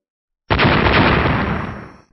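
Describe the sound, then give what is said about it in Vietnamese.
A rapid string of booming explosions blurs into one loud, rumbling roar that bursts in suddenly after a moment of silence and then slowly dies away. “Một hồi âm thanh liên tục nổ ra phía dưới, thân thể trọng thủy giao long ở bên trong phù văn xanh đen lượn lờ ầm ầm tán loạn.”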